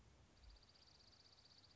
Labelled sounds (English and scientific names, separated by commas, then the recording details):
Dark-eyed Junco (Junco hyemalis)
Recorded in Sonoma County, California